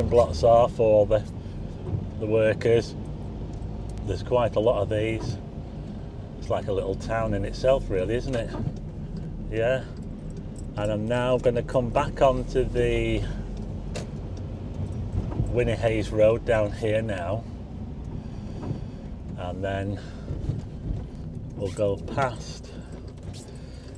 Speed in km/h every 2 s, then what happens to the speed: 18, 24, 27, 31, 29, 24, 24, 29, 31, 27, 21, 15.
0-5 speeds up to 31. 5-12 steady at about 24. 12-17 speeds up to 31. 17-24 slows to 15.